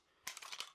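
A STANAG magazine is inserted into a magwell adapter on an SKS rifle, made by TNA in Canada, after the adapter's screw was loosened, the adapter slid back and the screw retightened. A sharp click at 0.3 s is followed by a quick run of smaller metallic clicks and rattles through about 0.6 s. The magazine seats and locks into the adapter.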